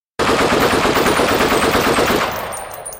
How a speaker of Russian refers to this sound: Выпустил залп Леонид, спасаясь от стремительно приближающихся сверху тараканов.